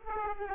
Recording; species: mosquito wingbeat signal from an infrared sensor; Aedes aegypti